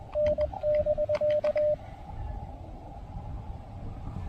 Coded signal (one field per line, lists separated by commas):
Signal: Morse code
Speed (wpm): 21 wpm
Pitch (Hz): 590 Hz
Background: radio noise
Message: N <BK>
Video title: Can the Elecraft AX1 get me through this activation? QRP POTA at Parc de la Plage Jacques Cartier!